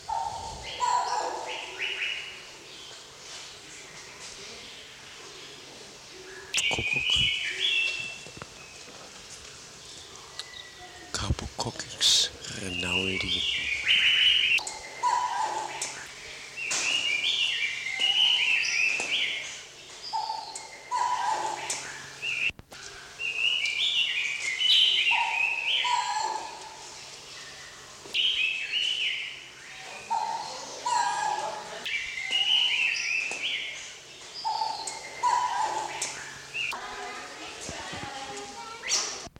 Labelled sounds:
Coral-billed Ground Cuckoo (Carpococcyx renauldi) call, Red-billed Leiothrix (Leiothrix lutea)

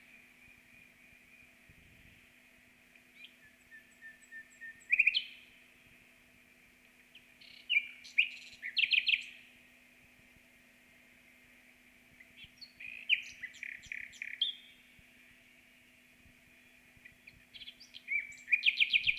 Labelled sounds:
Common Nightingale (Luscinia megarhynchos) song

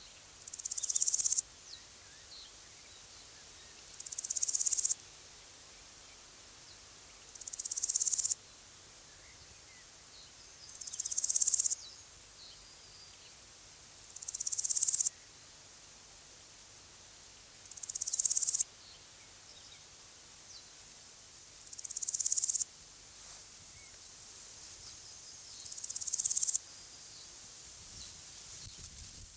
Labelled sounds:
Large Gold Grasshopper (Chrysochraon dispar)

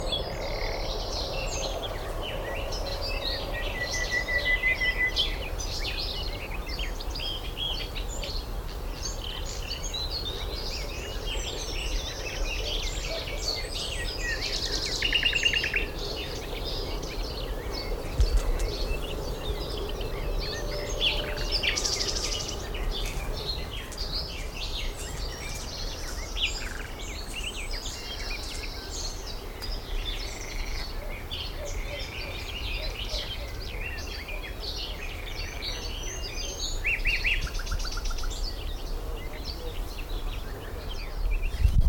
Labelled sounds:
Common Nightingale (Luscinia megarhynchos)

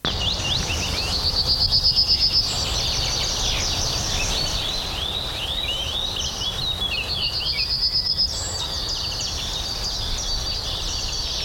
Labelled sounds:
Yellowhammer (Emberiza citrinella)

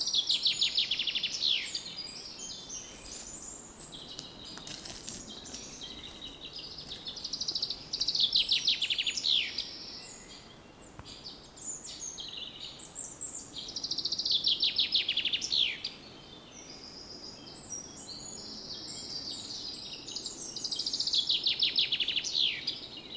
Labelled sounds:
Common Chaffinch (Fringilla coelebs)

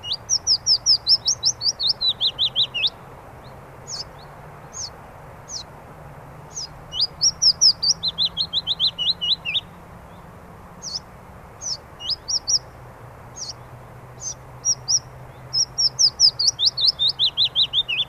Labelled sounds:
Willow Warbler (Phylloscopus trochilus) song

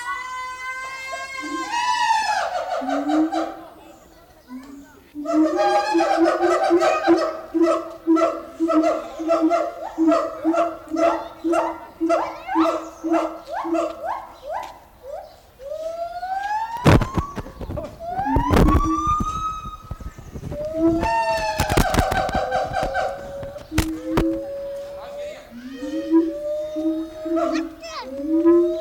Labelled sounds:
Siamang (Symphalangus syndactylus) call

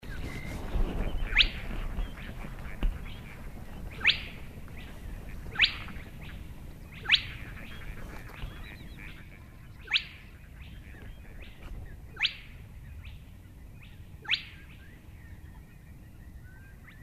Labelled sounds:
Spotted Crake (Porzana porzana)

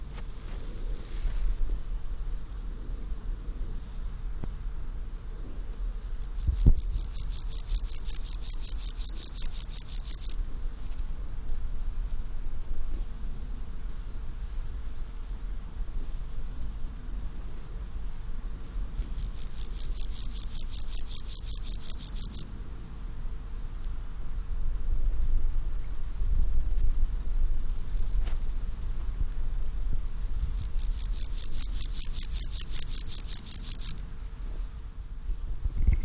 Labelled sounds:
Water-meadow Grasshopper (Chorthippus montanus) stridulation

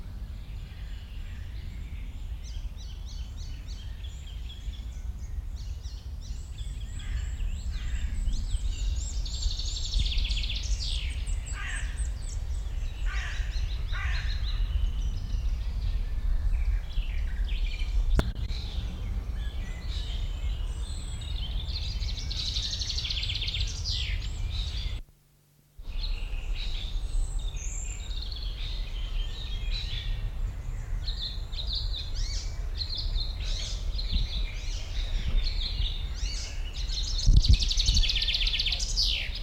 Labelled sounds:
Common Chaffinch (Fringilla coelebs)

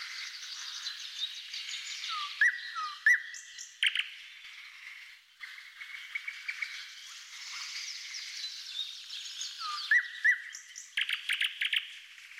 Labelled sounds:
Thrush Nightingale (Luscinia luscinia) song

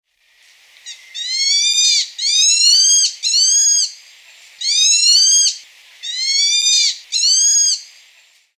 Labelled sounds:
Cottontop Tamarin (Saguinus oedipus)

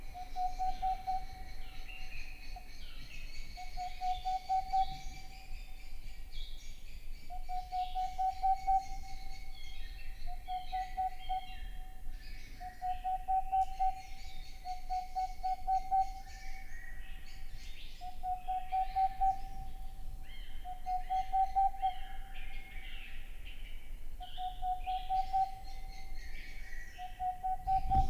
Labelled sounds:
Boreal Owl (Aegolius funereus)

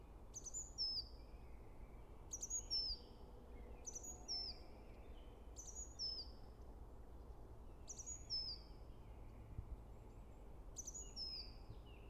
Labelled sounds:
Great Tit (Parus major) song

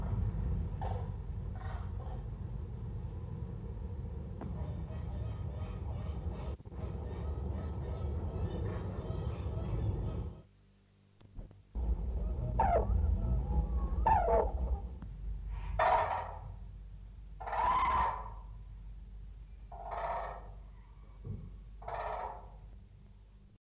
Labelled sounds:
Common Crane (Grus grus) call

